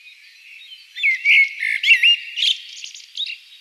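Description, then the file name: Common blackbird singing a flowing fluty phrase of looping whistles, then a higher, scratchy twittering ending, with a faint warble before the song starts. "Turdus merula"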